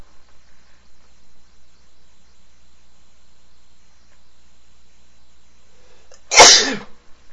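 An adult male sneezes twice, each a sharp, explosive burst of noisy sound separated by a few seconds of quiet.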